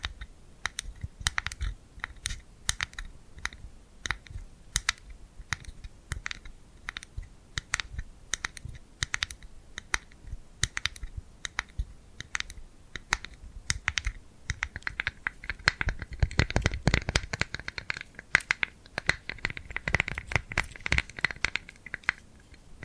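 Tingly glued hand sounds: a dense, uneven stream of sharp sticky clicks and pops, like fingers pulling apart, running the whole time. After about fifteen seconds a soft crackly hiss joins in, with a brief low rumble around seventeen seconds.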